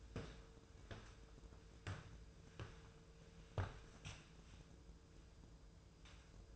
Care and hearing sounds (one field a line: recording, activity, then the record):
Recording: daily activity, microphone in the room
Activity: walk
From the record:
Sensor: 2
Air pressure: 1005.2 hPa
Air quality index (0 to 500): 99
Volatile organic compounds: 2 ppm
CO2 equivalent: 1206 ppm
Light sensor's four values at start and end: 8/20/8/8 and 8/20/8/8